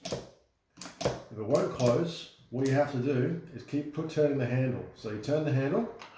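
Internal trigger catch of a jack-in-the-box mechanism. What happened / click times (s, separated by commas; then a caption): Handled, not yet home: no seating click, only talk and brief handling knocks / none. Someone talks while the crank handle of a jack-in-the-box is turned to reset the internal trigger catch that keeps the box locked, with a few brief handling knocks near the start. Nothing has seated or clicked yet.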